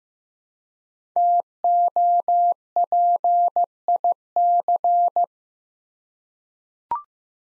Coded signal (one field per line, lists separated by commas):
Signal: Morse code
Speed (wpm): 15 wpm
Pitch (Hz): 700 Hz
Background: none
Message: TOPIC